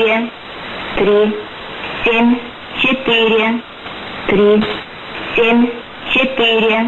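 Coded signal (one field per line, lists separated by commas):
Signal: numbers station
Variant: S06s, Russian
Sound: a woman's voice reads about six short words at steady intervals over hiss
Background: radio static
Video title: 12 02 2019 S06s Russian Lady numbers station in Russian to Eu 0715 on 6320 unknown tx site USB+AM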